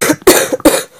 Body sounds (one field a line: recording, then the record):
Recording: coughing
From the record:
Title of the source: Single wet cough